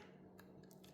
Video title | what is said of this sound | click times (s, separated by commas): How To Use Adincy Breast Pump: Complete Guide including Assembly, Setup and Tips | Once open, slide the cup into place, push until it clicks, then slide | 0.4 s